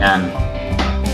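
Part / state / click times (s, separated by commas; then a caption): phone back case onto the assembly case / seated / 0.8 s. The back case of an Asus Zenfone 3 Max is pressed onto the phone's assembly case during a battery replacement, with background music and someone talking. A sharp click is heard at 0.8 s as the back case locks into place, and the case is confirmed as seated.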